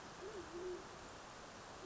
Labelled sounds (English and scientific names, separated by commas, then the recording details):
Band-tailed Pigeon (Patagioenas fasciata)
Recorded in Sonoma County, California